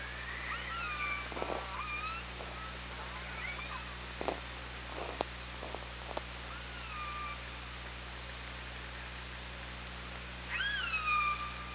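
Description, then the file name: Killer whale calls and clicks: faint harmonic whistles and sharp clicking bursts through the middle, ending with a strong rising harmonic call, over a steady hum. Killer whales recorded on the OrcaLab hydrophone, 24 August 2017, 17:23. "Orca Lab UTLN JASON 20170824 172300"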